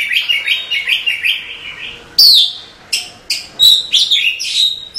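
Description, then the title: Oriental magpie-robin song of quick warbled notes, then loud, high whistled slurs and a few sharp chips. "Suara Kacer"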